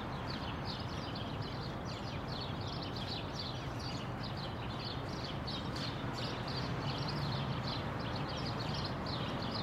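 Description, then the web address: Birds chatter with many quick chirps above a continuous rumbling machine noise. Birds outdoors mixed with construction machinery. "Lynne Music Birds-Construction-Machine"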